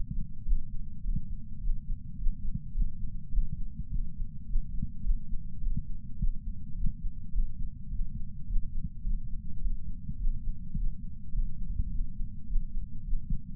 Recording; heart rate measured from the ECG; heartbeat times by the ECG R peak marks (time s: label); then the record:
heart sounds by patch sensor on the chest; 105 bpm
0.46 s: heartbeat
1.04 s: heartbeat
1.61 s: heartbeat
2.18 s: heartbeat
2.75 s: heartbeat
3.32 s: heartbeat
3.90 s: heartbeat
4.47 s: heartbeat
5.04 s: heartbeat
5.61 s: heartbeat
6.19 s: heartbeat
6.76 s: heartbeat
7.33 s: heartbeat
7.91 s: heartbeat
8.48 s: heartbeat
9.04 s: heartbeat
9.62 s: heartbeat
10.19 s: heartbeat
10.76 s: heartbeat
11.33 s: heartbeat
11.90 s: heartbeat
12.48 s: heartbeat
13.05 s: heartbeat
From the record:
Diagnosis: coronary artery disease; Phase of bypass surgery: postoperative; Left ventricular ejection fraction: 62.1%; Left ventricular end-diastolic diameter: 45 mm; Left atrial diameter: 33 mm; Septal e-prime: 6.9 cm/s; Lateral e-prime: 10.6 cm/s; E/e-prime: 10.6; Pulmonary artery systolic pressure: 22 mmHg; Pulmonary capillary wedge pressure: 8 mmHg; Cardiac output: 5.1 L/min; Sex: female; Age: 52 years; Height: 163 cm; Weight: 80 kg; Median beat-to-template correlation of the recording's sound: 0.72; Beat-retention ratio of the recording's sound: 0.98